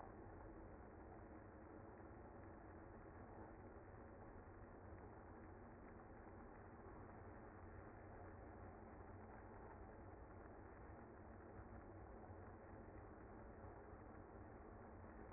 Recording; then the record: honeybee colony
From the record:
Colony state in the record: active